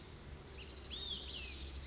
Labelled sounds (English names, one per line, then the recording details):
Olive-sided Flycatcher
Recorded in Sonoma County, California